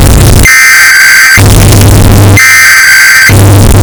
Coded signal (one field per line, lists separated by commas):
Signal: Emergency Alert System (SAME) tones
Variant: header bursts